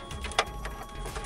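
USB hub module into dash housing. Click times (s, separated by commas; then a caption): 0.4 s. A USB hub port module for a 2018+ Ford F-150/F-250/F-350 Sync 3 upgrade, oriented with one tab on top and two on the bottom, is pressed into its plastic dash housing. Soft handling noises at about 0.2 s and 0.7 s surround a sharp, bright snap at 0.4 s, which is when the hub seats in its bracket.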